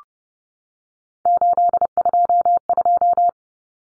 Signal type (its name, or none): Morse code